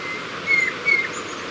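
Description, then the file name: White-bellied Antpitta whistling two brief, level notes in quick succession over a constant background hiss. "Grallaria hypoleuca - White-bellied Antpitta"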